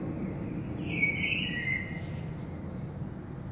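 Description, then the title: Common blackbird song phrase: a clear, fluted note sliding slightly down, followed by faint high squeaky notes, set against a continuous low drone. Saint-Gilles, Belgium, early morning; recorded with a DPA 2006c AB microphone pair into a Zoom F3 recorder. "Saint-Gilles, Belgique - Blackbird - Merle"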